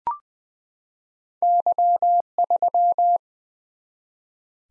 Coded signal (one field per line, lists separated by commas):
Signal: Morse code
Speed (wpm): 20 wpm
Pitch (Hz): 700 Hz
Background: none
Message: Y3